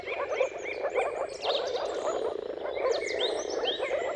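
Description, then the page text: Chorus of moor frogs, a steady mass of muffled bubbling calls, with birdsong in the background. Many moor frogs giving mating calls in a dawn chorus at sunrise, at the turn of March and April, timing depending on weather. "Jakub-Orzecki moor frogs. Dawn’s Chorus: Mating Calls of Marsh Frogs at Sunrise. Depending on the weather at the turn of March and April, you can witness an amazing spectacle of moor frogs"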